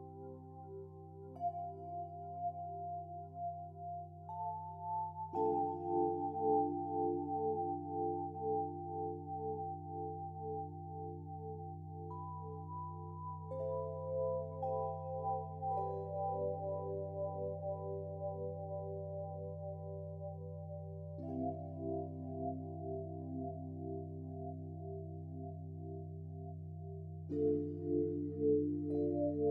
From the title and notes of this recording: Singing Sound Bowls. Listen to the reverberating sounds of the healing sound bowls.